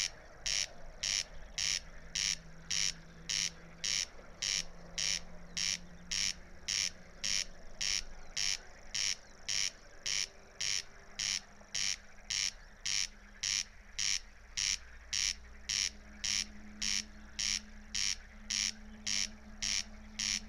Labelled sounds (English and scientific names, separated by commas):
Corn Crake (Crex crex) song